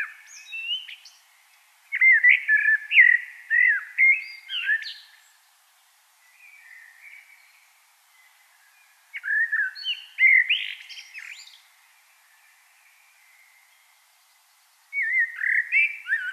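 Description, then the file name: Common blackbird singing rich whistled phrases with scratchy high flourishes, in several bursts separated by pauses, with fainter, softer phrases between. "Turdus merula"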